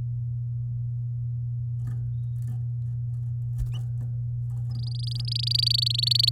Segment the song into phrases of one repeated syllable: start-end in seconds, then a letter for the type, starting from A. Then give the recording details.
4.71-6.29 A. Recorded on 10 May 2018 at 12:10. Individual llb16